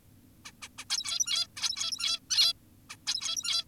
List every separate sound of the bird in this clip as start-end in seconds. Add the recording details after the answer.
0.45-0.52, 0.62-0.68, 0.78-0.85, 0.90-1.47, 1.57-2.20, 2.30-2.53, 2.90-2.96, 3.07-3.64. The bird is an adult. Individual g17y2U